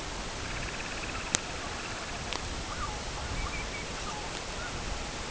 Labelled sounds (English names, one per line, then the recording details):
Semipalmated Sandpiper
unidentified sound
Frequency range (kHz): Semipalmated Sandpiper 0.6-3.5 kHz
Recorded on Arctic tundra, site CORI-1, on 12 June 2018
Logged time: 08:00